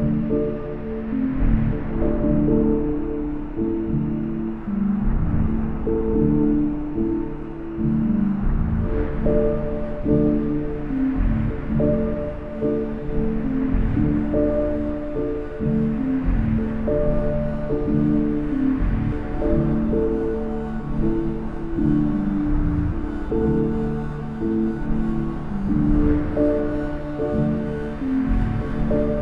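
A band runs through a soundcheck, playing a dense, steady stretch of music dominated by low and middle tones. Held notes and chords shift every second or two, with regular accents throughout, and the loudness stays even for the whole half minute.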